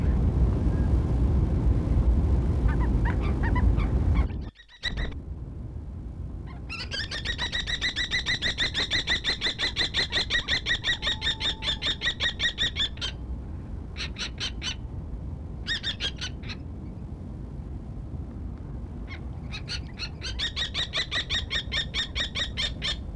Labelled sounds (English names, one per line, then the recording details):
Common Kestrel call
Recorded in captivity
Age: adult
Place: Tierpark Berlin, Berlin, DE
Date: 1964-01-04 16:30
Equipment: Minifon, Kopie BG 26/1
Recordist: Tembrock, Günter